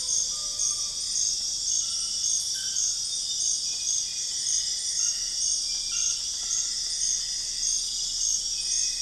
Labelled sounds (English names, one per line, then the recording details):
none
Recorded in dense forest near Puerto Asís, Putumayo, Colombia, on 4 March 2025 at 04:00
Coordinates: 0.484, -76.325
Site G045